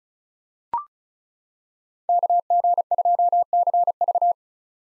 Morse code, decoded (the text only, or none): KG2CV